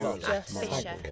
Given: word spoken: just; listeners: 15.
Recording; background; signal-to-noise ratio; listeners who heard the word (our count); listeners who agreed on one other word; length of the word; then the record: one English word in noise, from a listening test; four-talker babble; -2.5 dB; 4 of 15; 6 of 15; 0.71 s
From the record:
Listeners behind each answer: 6, 4, 1, 1, 1, 1, 1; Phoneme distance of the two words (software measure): 40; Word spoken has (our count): 1 syllable, 4 phonemes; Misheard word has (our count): 2 syllables, 4 phonemes, stress on syllable 1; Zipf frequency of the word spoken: 6.55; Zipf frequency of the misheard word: 3.75